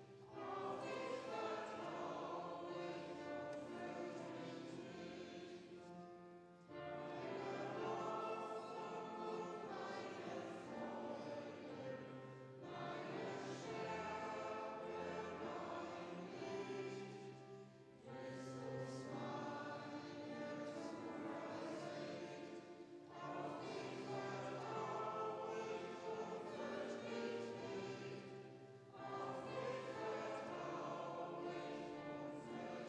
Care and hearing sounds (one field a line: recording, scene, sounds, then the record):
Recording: everyday scene through a hearing-aid microphone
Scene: reverberant space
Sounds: music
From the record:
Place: church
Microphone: in the ear canal, left